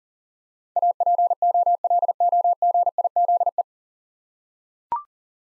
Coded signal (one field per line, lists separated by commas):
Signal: Morse code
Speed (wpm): 40 wpm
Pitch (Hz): 700 Hz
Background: none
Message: APOLOGIZE